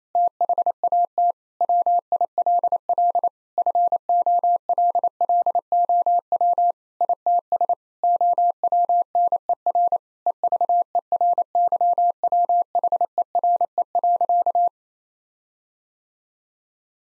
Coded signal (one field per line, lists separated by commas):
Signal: Morse code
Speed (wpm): 28 wpm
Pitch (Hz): 700 Hz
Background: none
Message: THAT WILL FOLLOW ITS OWNER EVERYWHERE.